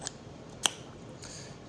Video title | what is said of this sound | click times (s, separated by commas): Smart Parts Ion: Reassembly | kind of hear it click into place | 0.7 s